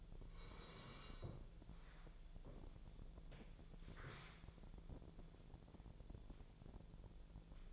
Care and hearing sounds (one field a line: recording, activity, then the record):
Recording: daily activity, microphone in the room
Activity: sit down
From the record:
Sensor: 5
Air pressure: 1000.5 hPa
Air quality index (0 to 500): 147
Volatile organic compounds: 2 ppm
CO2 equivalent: 1141 ppm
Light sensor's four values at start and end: 48/112/47/50 and 48/113/47/50